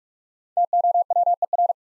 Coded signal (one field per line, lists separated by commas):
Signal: Morse code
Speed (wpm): 48 wpm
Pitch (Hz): 700 Hz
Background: none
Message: TOWER